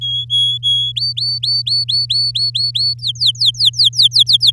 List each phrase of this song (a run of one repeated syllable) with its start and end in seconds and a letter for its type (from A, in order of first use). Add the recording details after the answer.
0.01-0.92 A, 0.96-2.94 B, 2.98-4.51 C. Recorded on 10 May 2018 at 12:58. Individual llb16